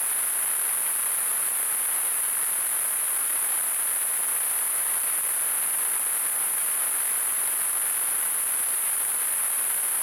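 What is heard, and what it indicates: A steady, unbroken high-pitched hiss concentrated in a narrow band, with softer background static, held without change for ten seconds. It is a simulation of tinnitus, the constant ringing or hissing some people hear without any outside sound.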